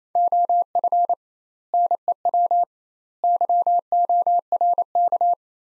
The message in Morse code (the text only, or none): OF NEW YORK